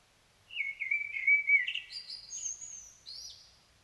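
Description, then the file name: Common blackbird warbling mellow low whistles, then rising into thin, high sliding notes to close the phrase. "Turdus merula"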